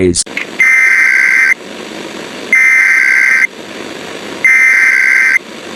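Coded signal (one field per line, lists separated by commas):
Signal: Emergency Alert System (SAME) tones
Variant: header bursts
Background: speech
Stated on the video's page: Fictional analog horror EAS scenario, not a real alert.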